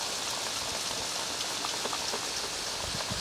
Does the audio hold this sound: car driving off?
no